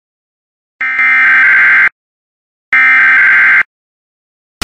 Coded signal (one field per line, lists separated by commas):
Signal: Emergency Alert System (SAME) tones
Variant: header bursts